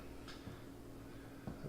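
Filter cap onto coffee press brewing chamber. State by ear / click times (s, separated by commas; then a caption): not seated / none. A plastic filter cap holding a pre-soaked paper filter is twisted onto a coffee press brewing chamber; the cap does not screw in but locks in place. Only faint ticking and light handling noise are heard over a steady low hum. Nothing has locked or clicked yet.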